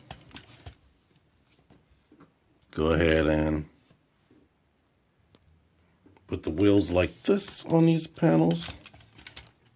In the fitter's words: they pretty much just click into place